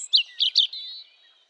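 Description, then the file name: European robin giving a quick, high, thin phrase of three bright twittering notes, trailing into a long, fine sustained whistle that fades out; otherwise quiet. "Erithacus rubecula"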